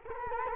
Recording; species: mosquito wingbeat signal from an infrared sensor; Culex quinquefasciatus